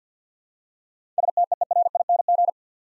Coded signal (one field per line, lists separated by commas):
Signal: Morse code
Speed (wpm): 50 wpm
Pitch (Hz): 700 Hz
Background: none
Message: STEERING